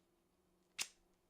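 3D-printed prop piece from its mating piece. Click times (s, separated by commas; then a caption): 0.8 s. A 3D-printed prop piece is pulled apart from its mating piece, giving a single sharp pop at 0.8 s over a faint steady low hum. The connected pieces come apart and are released.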